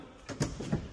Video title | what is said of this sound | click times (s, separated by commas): P1111 - 2023 Ford Transit | locks into place there | 0.4 s